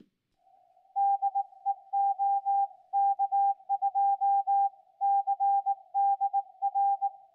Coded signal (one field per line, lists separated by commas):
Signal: Morse code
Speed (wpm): 19 wpm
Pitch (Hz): 800 Hz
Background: none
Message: DE OK2CDR